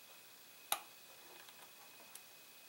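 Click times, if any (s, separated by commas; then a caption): 0.7 s. A dark gray wire plug is pushed onto its connector on a Phantom 4 Pro drone board during an ESC replacement. A sharp click sounds at 0.7 s, followed by faint ticks near 1.5 s and 2.2 s. The connector clicks on and the plug is seated.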